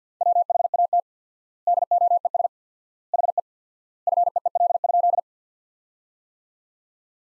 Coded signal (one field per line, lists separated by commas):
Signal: Morse code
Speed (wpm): 50 wpm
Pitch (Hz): 700 Hz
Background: none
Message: WHAT DOES HE FEEL?